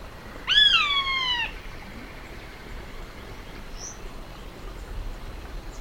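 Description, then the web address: Blackish Rail giving a single loud, squealing call about one second long, sharply rising then slowly falling, followed by faint background hiss. Recorded in Ecuador. "Birds of Ecuador. Blackish Rail"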